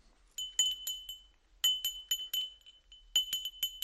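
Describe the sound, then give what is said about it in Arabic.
An auctioneer's (dallal's) handbell rings in three bursts of rapid, bright metallic clangs with brief pauses between them. The tone is high and sharp, and no one speaks. “ايه الجرس ده؟ ده جرس الدلال.”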